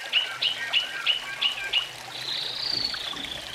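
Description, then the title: Oriental magpie-robin giving six short chirping notes, then a drawn-out thin rising-and-falling whistle, with gentle trickling noise underneath. "Kicau Kacer"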